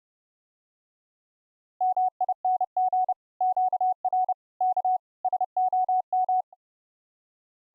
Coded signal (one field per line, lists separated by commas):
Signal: Morse code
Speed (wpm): 30 wpm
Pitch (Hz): 740 Hz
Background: none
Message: MING QRK SOM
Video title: 3D AUDIO experimental setup - for 4 CW OPs Morse Code audio output of Mumble on iCW